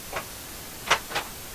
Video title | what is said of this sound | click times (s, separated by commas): CHARTER BUS RV CONVERSION AMAZING 1965 GM | don't know if you guys could hear that. There's a click click. | 0.9 s